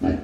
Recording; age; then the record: pig call; growing-finishing pig (85 days or more)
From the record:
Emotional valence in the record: negative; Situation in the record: barren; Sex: male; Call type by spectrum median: low-frequency call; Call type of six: low-frequency stable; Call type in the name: low-frequency stable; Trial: 1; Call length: 0.24 s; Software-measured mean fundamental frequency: 48 Hz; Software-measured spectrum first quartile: 203 Hz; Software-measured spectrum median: 294 Hz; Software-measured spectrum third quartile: 489 Hz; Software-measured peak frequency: 278 Hz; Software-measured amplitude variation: 175 dB a second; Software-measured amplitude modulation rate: 20.7 a second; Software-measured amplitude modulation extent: 8.4 dB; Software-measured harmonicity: 2.2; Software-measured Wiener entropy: -0.68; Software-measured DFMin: 853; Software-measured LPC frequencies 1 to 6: 1709, 2557, 4167, 4692, 5541, 6525 Hz